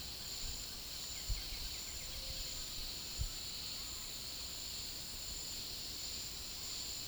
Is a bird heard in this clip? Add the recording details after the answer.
no. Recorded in pastures near Puerto Asís, Putumayo, Colombia, on 19 February 2024 at 08:30. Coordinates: 0.486, -76.323. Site G6462